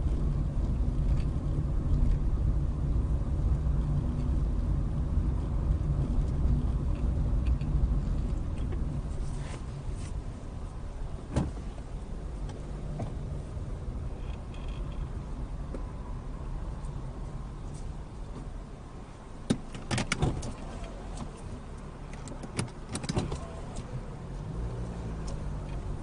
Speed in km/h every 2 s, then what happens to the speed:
21, 21, 21, 21, 11, 6, 8, 5, 5, 0, 0, 0, 10.
0-6 steady at about 21. 6-9 brakes to 6. 9-14 steady at about 6. 17-23 standing. 23-26 pulls away to 10.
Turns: 7-15.